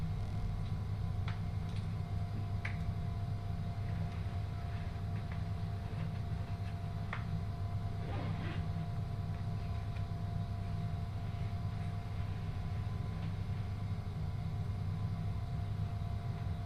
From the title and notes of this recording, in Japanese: 耳で楽しむ鉄道旅 羽越本線 羽後本荘→秋田。